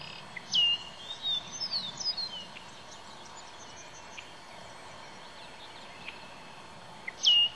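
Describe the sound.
Bird calls: a sharp high chirp, a scatter of faint twittering notes, then another sharp chirp near the end, over a steady background hiss.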